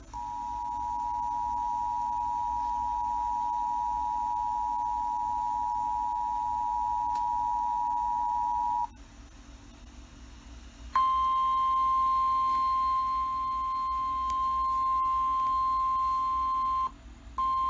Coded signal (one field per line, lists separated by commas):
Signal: Emergency Alert System (SAME) tones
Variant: 853 and 960 Hz attention tone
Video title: One Night=Lots Of Warnings...EAS Alerts From August 27, 2020 (EAS# 441-453)